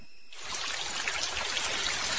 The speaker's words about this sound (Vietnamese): Ngoài trời mưa càng lúc càng to.